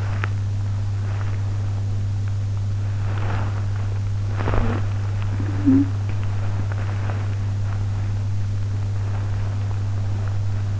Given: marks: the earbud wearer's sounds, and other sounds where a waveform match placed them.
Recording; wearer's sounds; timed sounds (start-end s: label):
sounds in sleep by an in-ear microphone; body movement, talking in sleep
0.00-1.84 s: body movement
2.99-10.79 s: body movement
4.47-5.90 s: talking in sleep